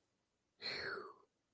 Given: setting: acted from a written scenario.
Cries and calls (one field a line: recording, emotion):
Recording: vocal sound without words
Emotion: relief